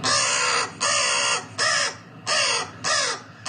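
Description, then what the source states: Crow cawing: a series of harsh, rasping caws, each roughly half a second long, with short gaps between them. Crows visiting a rooftop in New York City, recorded by cameras set up to capture their reactions to puzzles and novel objects.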